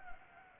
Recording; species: mosquito wingbeat signal from an infrared sensor; Anopheles gambiae